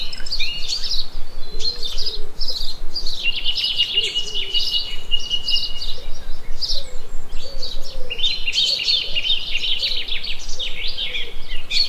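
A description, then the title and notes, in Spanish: Birds chirp and trill almost continuously in bright bursts, with a long steady trill mid-way, over a soft low hum. Pájaros.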